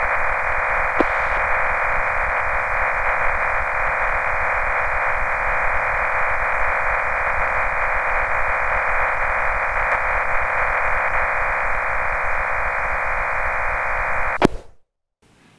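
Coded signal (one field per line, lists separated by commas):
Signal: MT63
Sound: steady dense rushing hiss, like band-limited noise, for about 14 seconds, then abrupt silence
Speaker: when we're done we'll click the Autos send button at the top of the window FL Digi now automatically sends the message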